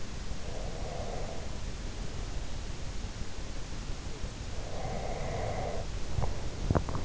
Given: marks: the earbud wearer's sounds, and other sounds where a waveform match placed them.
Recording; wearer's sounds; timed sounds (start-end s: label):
sounds in sleep by an in-ear microphone; breath, swallowing
0.45-2.37 s: breath
4.65-5.89 s: breath
6.19-7.05 s: swallowing